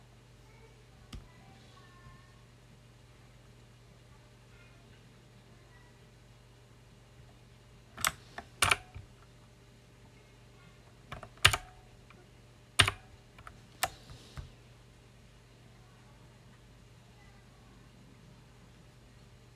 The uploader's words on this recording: You will hear a close-up recording of me working with a loud mechanical keyboard.